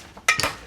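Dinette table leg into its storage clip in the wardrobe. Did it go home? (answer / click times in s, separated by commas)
yes / 0.3 s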